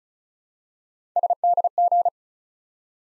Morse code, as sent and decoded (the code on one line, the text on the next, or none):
... -.. --.
SDG